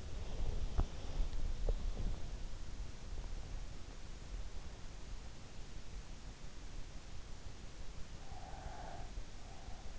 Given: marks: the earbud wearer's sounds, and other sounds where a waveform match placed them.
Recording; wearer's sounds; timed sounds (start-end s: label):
sounds in sleep by an in-ear microphone; breath, teeth grinding
0.00-2.65 s: breath
0.70-2.36 s: teeth grinding
8.13-9.99 s: breath